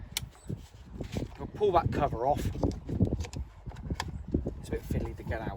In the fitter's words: just unclip these little clickers here